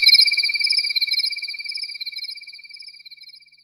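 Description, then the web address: Cricket chirping in a rapid, high, pulsing trill, gradually fading away over a few seconds. "Korg Wavestation-SR Wave 455-Drum Kit 93 Crickets"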